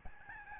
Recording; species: mosquito wingbeat signal from an infrared sensor; Aedes albopictus